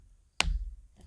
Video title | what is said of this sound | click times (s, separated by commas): Custom Bushcraft Knife | snap right in there so that's not coming off when you're walking through the bush | 0.4 s